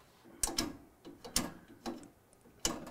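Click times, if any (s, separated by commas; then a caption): 0.4 s, 1.4 s, 2.7 s. A steam/hot water valve joystick lever on a Bezzera espresso machine is rotated through its positions. Sharp, ratchet-like mechanical clicks are heard at 0.4, 1.4 and 2.7 seconds, with softer clicks in between. Each time, the lever locks into a detent position.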